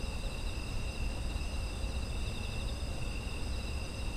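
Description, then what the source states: Insects trilling together in steady, high, ringing bands that hold without a break, low rumbling noise underneath. Autumn insect ambience.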